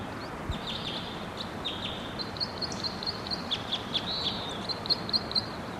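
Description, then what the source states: White-winged Crossbill song, a continuous run of high chattering notes and slurred trills against low steady background noise. Red male perched in the top of a tall tree, singing.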